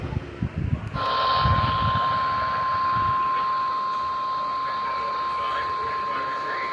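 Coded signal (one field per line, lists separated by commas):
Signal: Emergency Alert System (SAME) tones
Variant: 1050 Hz attention tone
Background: speech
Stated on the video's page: Skywarn EAS alerts and weekly test.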